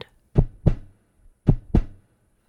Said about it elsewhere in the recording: A heartbeat. That's a heartbeat. Your heartbeat is part of what's called your circulatory system. Your heart sends blood to all the different parts of your body.